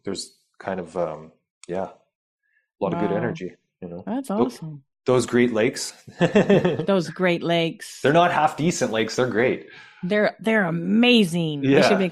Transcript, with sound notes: So, there's kind of, um, yeah, lot of good energy.
Wow.
You know?
That's awesome.
Those Great Lakes. (laughs)
Those Great Lakes.
They're not half-decent lakes, they're great.
They're, they're amazing.